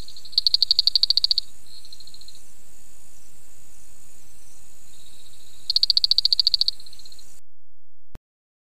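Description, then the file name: Spiny reed frog calling: two rapid clicking pulse trains about a second long, each followed by a steady high buzzing tone, roughly five seconds apart, over a constant faint hiss. "Afrixalus vittiger"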